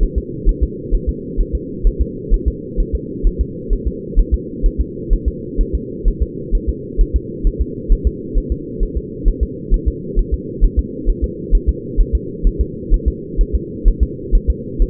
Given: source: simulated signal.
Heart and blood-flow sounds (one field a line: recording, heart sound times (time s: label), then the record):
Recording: fetal heart sounds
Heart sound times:
0.03 s: S1
0.18 s: S2
0.49 s: S1
0.63 s: S2
0.94 s: S1
1.09 s: S2
1.41 s: S1
1.55 s: S2
1.87 s: S1
2.02 s: S2
2.34 s: S1
2.48 s: S2
2.80 s: S1
2.95 s: S2
3.27 s: S1
3.41 s: S2
3.73 s: S1
3.88 s: S2
4.20 s: S1
4.34 s: S2
4.66 s: S1
4.81 s: S2
5.13 s: S1
5.28 s: S2
5.61 s: S1
5.75 s: S2
6.08 s: S1
6.22 s: S2
6.55 s: S1
6.69 s: S2
7.01 s: S1
7.16 s: S2
7.47 s: S1
7.62 s: S2
7.92 s: S1
8.07 s: S2
8.38 s: S1
8.52 s: S2
8.83 s: S1
8.97 s: S2
9.28 s: S1
9.43 s: S2
9.74 s: S1
9.88 s: S2
10.19 s: S1
10.34 s: S2
10.64 s: S1
10.79 s: S2
11.10 s: S1
11.24 s: S2
11.55 s: S1
11.69 s: S2
12.01 s: S1
12.15 s: S2
12.47 s: S1
12.61 s: S2
12.94 s: S1
13.08 s: S2
13.41 s: S1
13.55 s: S2
13.88 s: S1
14.03 s: S2
14.35 s: S1
14.50 s: S2
14.82 s: S1
From the record:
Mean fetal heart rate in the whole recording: 130 bpm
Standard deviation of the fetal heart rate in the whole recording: 2 bpm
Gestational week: 38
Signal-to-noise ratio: -4.1 dB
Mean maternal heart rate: no maternal heart sound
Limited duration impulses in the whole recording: absent